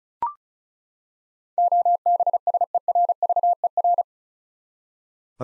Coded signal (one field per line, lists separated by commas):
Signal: Morse code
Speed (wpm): 34 wpm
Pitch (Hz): 700 Hz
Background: none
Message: OBSERVER